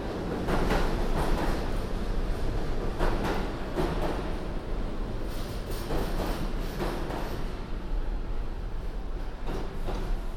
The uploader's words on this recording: A binaural field recording, from my studio in Sunset Park to my apartment in Harlem. Hop on the N at 36th Street, transfer at Times Square and head uptown on the 1.